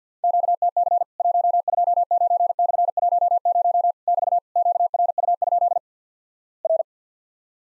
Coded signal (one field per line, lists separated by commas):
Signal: Morse code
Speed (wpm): 47 wpm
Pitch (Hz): 700 Hz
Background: none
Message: QTC 129/10 <BT> QRU? R